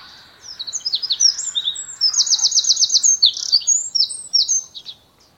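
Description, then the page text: Eurasian wren song: an energetic, very high stream of sharp twittering notes with a quick, rattling trill near the middle, then tapering off. "Eurasian Wren Song Gjerdesmett Sang. knut the bird nerd"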